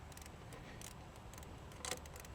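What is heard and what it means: A torque wrench tightens the water outlet housing bolt on a 2011–2020 GM Ecotec 1.4L Turbo engine (Cruze, Encore, Sonic, Trax) to 71 inch-pounds during a coolant leak water outlet replacement. Over a steady low hum, soft ticks and short bright bursts are heard, with the wrench clicking at its setting at 1.9 s.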